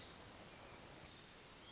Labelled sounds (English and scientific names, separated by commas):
Hermit Thrush (Catharus guttatus)